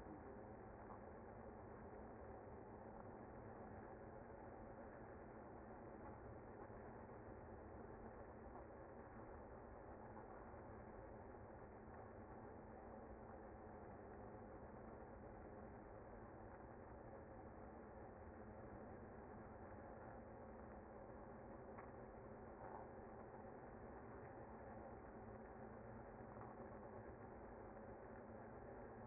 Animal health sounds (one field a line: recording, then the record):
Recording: honeybee colony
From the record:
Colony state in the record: active